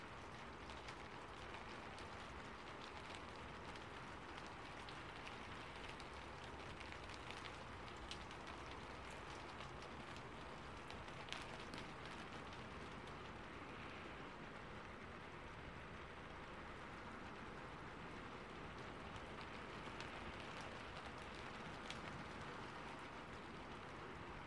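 Rain on a rooftop, a steady dense hiss that holds at the same level for the whole stretch. Countless small drops blur into a continuous wash with a low rumble underneath, and faint brighter ticks of individual drops pop out now and then.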